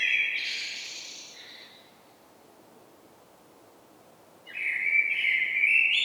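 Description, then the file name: Common blackbird song: a fluty phrase with a high twitter, a pause of a few seconds, then another warbled phrase. "Turdus merula"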